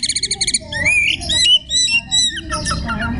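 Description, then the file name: Oriental magpie-robin song: a rapid run of repeated high chirps, then varied whistled notes and rising slurs over low background hum. Magpie-robin singing in the ngekek style. "kacer tembakan ngekek"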